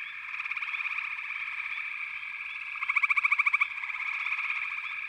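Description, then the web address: Frog chorus of buzzy pulsed calls, one louder rapid trill standing out midway before the steady background chorus resumes. A chorus of frogs calling together. "The Natural Sounds of the Wilderness. Echoes of Nature - Frog Chorus"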